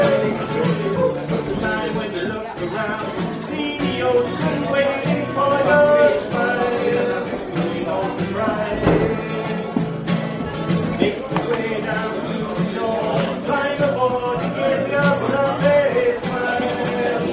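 A lively bar full of overlapping conversation, many voices talking at once with no single one standing out. The chatter stays dense and steady throughout, with a brief lull just before the nine-second mark before the crowd noise fills back in.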